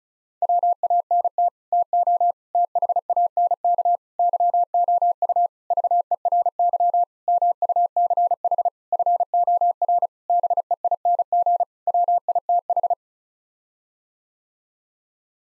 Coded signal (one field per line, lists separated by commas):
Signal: Morse code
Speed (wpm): 34 wpm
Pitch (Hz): 700 Hz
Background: none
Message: WANT TO THANK YOU VERY MUCH FOR BEING WITH